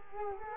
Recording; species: mosquito wingbeat signal from an infrared sensor; Culex quinquefasciatus